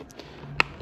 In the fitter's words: and snapped back in place and you can glue them anytime you want